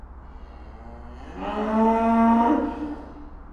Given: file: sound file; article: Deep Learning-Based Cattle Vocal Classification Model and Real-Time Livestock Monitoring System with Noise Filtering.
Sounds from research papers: cattle; estrus call

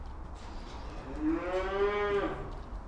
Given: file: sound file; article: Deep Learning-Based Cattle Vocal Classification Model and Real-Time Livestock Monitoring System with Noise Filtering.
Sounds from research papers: cattle; food anticipating call

